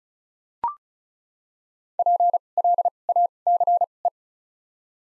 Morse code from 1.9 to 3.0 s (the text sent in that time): P L